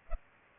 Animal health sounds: mosquito wingbeat signal from an infrared sensor; Culex pipiens

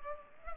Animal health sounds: mosquito wingbeat signal from an infrared sensor; Culex pipiens

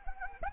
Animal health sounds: mosquito wingbeat signal from an infrared sensor; Anopheles arabiensis

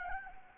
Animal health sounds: mosquito wingbeat signal from an infrared sensor; Anopheles gambiae

